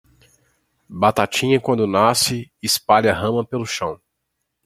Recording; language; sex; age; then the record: short text; Brazilian Portuguese; male; 20 to 29 years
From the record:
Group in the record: control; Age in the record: 25 years